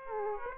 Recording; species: mosquito wingbeat signal from an infrared sensor; Aedes aegypti